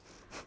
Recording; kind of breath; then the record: one breath in and out by a microphone near the nose and mouth; strong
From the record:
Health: marked as sick, illness not named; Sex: female